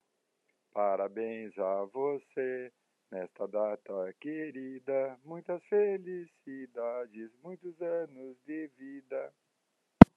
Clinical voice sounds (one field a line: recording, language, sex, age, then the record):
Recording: short text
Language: Brazilian Portuguese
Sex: male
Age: 60 to 69 years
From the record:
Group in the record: control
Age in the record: 60 years